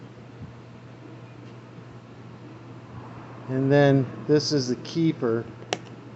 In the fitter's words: boom clicks in place perfect now get